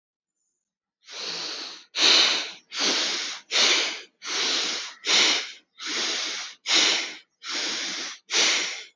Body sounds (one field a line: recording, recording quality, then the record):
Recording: shallow breathing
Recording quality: excellent, no background noise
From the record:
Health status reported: healthy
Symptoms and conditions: none ticked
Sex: male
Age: 23 years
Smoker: not ticked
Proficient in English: yes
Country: India